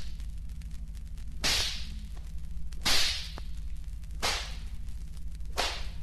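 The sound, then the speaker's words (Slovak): Four sharp whip cracks from a whip lashing a person bent over someone's knee land at a slow, uneven pace, each a bright swishing snap that fades quickly, over a low steady hum with no voices. “Korbáč mám nahotovený.”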